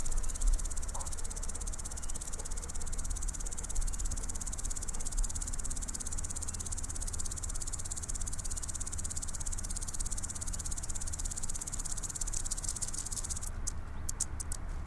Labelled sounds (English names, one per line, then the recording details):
Common Green Grasshopper stridulation
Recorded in the wild
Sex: male
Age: imago
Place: Ose, Setesdal, NO
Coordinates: 58.9436, 7.69222
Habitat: meadow
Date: 1992-08-08 17:50
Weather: sunny, 22°C
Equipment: Sony WM-D6C, Sennheiser ME 80, K 30 AV
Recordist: Frommolt, Karl-Heinz
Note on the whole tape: Wiese auf Zeltplatz Ose: Gesang von zwei Heuschrecken (ursprünglich fälschlicherweise als Warzenbeißer geführt) mit Annäherung eines Weibchens. Detaillierte Angaben zum Verhalten